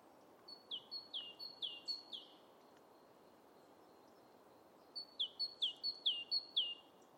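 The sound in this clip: Great tit giving a quick run of several two-note phrases, each a high note sliding lower, then a pause and a second similar run, over constant low hiss.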